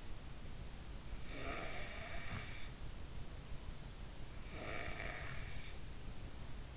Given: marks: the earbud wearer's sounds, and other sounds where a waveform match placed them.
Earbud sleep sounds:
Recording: sounds in sleep by an in-ear microphone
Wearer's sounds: breath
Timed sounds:
0.39-2.79 s: breath
3.88-6.68 s: breath

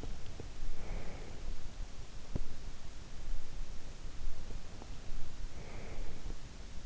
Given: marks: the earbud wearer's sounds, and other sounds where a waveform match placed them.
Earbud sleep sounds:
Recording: sounds in sleep by an in-ear microphone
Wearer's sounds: breath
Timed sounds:
0.58-1.92 s: breath
5.35-6.86 s: breath

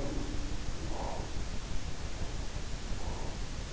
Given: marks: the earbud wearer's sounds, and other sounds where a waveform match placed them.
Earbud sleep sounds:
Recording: sounds in sleep by an in-ear microphone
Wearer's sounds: breath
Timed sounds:
0.00-1.44 s: sound from someone else or the room
0.55-1.44 s: breath
1.81-3.55 s: breath

